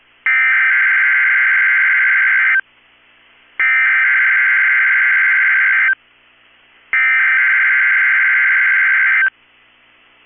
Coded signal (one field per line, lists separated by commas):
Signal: Emergency Alert System (SAME) tones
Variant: header bursts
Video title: 6/7/23 - KEC65 Required Weekly Test (EAS #785)